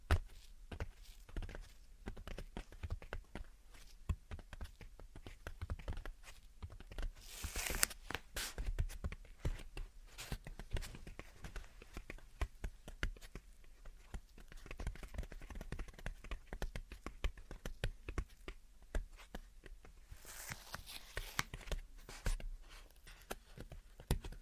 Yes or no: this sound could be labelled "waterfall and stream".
no